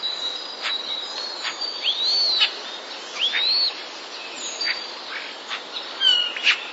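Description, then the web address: Common starling song with looping, arched whistles and sharp clicks scattered between them, plus a couple of lower slurred notes near the end. Starling song containing mimicry borrowed from sparrows. "wroblowe zapozyczenia szpaki"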